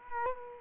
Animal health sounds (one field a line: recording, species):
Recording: mosquito wingbeat signal from an infrared sensor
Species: Culex quinquefasciatus